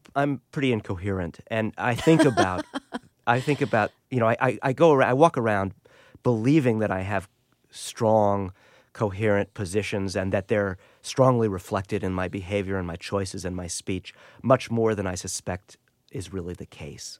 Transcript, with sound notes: I'm pretty incoherent. And I think about...
(LAUGHTER)
I think about, you know, I go - I walk around believing that I have strong coherent positions and that they're strongly reflected in my behavior and my choices and my speech, much more than I suspect is really the case.